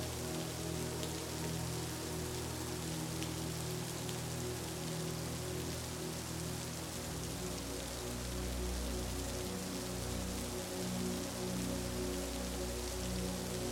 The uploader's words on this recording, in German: Das realistische Grollen des Donners mit beruhigenden Harmonien verbindet. Die Kraft des Donnerschalls, kombiniert mit einer sanften und umhüllenden Melodie.